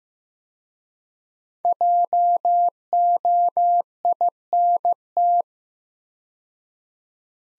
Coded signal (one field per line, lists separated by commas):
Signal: Morse code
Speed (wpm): 15 wpm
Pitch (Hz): 700 Hz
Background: none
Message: JOINT